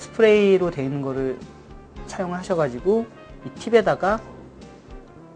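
A nasal rinse tip is being handled for fitting onto the irrigator's second spray nozzle for nasal irrigation, while someone talks over background music. Nothing has seated or clicked yet.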